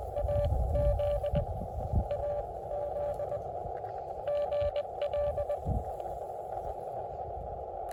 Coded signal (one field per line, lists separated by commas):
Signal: Morse code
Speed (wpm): 22 wpm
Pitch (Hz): 590 Hz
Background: radio noise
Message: AZ AZ GL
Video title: KI5GBQ at K-2779 Morse Code Activation